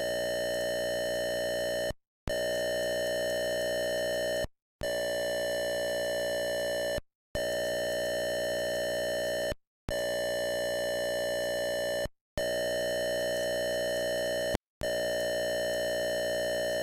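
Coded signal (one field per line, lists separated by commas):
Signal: computer data on cassette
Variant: Atari 8-bit cassette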